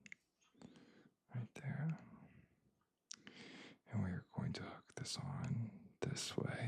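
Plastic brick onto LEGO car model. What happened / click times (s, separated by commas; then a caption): The brick is handled and positioned but not yet snapped on / none. A plastic LEGO piece is handled and hooked onto a Mercedes-AMG F1 W15 car model from the Speed Champions series, turned to face the right way, with a few short, sharp plastic taps between stretches of talk as someone speaks. Nothing has seated or clicked into place yet.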